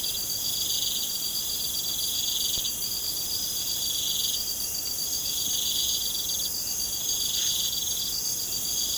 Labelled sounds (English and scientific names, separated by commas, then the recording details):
none
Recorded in pastures near Puerto Asís, Putumayo, Colombia, on 30 June 2025 at 23:00
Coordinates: 0.472, -76.331
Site G095